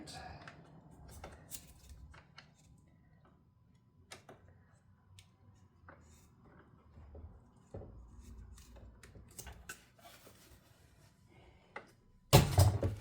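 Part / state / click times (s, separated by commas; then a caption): part being refitted into the front door during latch actuator installation / not seated / none. A part is pressed back into the front door of a 2011–2022 Jeep Grand Cherokee WK2 while the door is reassembled after a lock/latch actuator swap. Someone talks over scattered light taps and handling clicks, and a loud burst of handling noise comes near the end. Nothing has seated or clicked into place yet.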